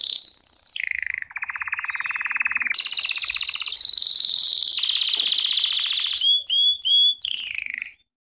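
American Singer canary song of long continuous trills stepping between lower and higher pitches, with three quick repeated chirps near the end.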